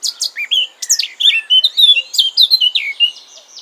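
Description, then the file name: Eurasian blackcap song: a loud, fast warble of clear whistled notes and rising and falling slurs, delivered continuously for a few seconds. "Sylvia atricapilla"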